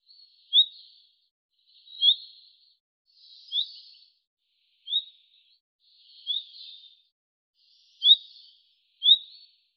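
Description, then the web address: Bird calls: short, high, upward-flicking notes, seven in all, with faint buzzy trails and silence between. "Deverinetal 2025 Bird Fr Co"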